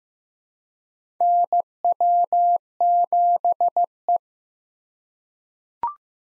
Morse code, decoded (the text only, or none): NW7E